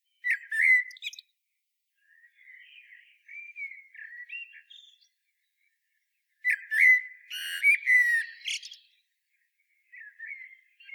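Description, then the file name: Common blackbird song: loud fluty whistled phrase near the start, softer warbling notes between, then a rich burst of whistles and twitters around seven seconds and a faint closing phrase. "Turdus merula"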